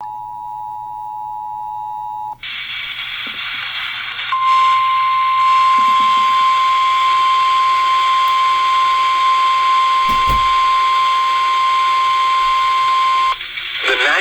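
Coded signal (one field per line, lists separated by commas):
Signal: Emergency Alert System (SAME) tones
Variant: 853 and 960 Hz attention tone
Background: speech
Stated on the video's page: Severe thunderstorm warning received off FM 88.3 and recorded on a Chromebook laptop.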